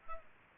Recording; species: mosquito wingbeat signal from an infrared sensor; Culex pipiens